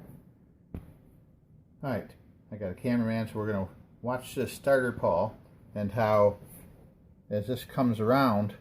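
A top snap ring on a Ski-Doo snowmobile recoil starter, spread with snap ring pliers, is set down into its groove on the metal shaft and gives a single sharp snap at 0.8 s as it seats. Someone then talks for the rest of the clip.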